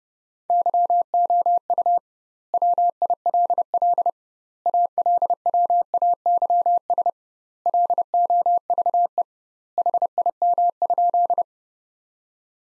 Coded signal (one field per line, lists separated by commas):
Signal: Morse code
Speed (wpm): 30 wpm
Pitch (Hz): 700 Hz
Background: none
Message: YOU WILL ALWAYS LOVE HIM?